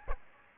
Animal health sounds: mosquito wingbeat signal from an infrared sensor; Aedes aegypti

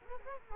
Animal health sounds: mosquito wingbeat signal from an infrared sensor; Culex quinquefasciatus

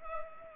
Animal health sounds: mosquito wingbeat signal from an infrared sensor; Culex pipiens

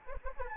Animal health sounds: mosquito wingbeat signal from an infrared sensor; Anopheles arabiensis

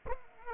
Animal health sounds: mosquito wingbeat signal from an infrared sensor; Aedes aegypti

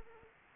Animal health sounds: mosquito wingbeat signal from an infrared sensor; Anopheles arabiensis

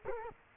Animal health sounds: mosquito wingbeat signal from an infrared sensor; Culex quinquefasciatus

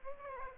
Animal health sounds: mosquito wingbeat signal from an infrared sensor; Aedes aegypti

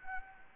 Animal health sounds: mosquito wingbeat signal from an infrared sensor; Anopheles gambiae

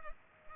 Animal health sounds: mosquito wingbeat signal from an infrared sensor; Culex pipiens

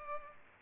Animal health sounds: mosquito wingbeat signal from an infrared sensor; Culex pipiens

